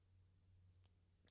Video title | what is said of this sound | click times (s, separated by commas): Build the Lancaster Bomber B.III - Part 19 | Okay, and you can hear it click in then. | 0.9 s, 1.3 s